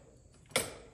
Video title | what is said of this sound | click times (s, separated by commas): Table Saw & Miter Saw for The Work Shop in the Off Grid Barn | if i unlock this | 0.6 s